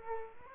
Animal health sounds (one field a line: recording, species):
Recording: mosquito wingbeat signal from an infrared sensor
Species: Aedes aegypti